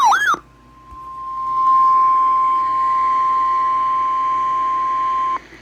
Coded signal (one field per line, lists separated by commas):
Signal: Emergency Alert System (SAME) tones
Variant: 1050 Hz attention tone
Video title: EAS alerts from August 1-3, 2022, EAS 1,024-1,057